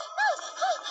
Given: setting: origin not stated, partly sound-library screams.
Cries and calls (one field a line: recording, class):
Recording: one-second piece from a danger detection set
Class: woman in danger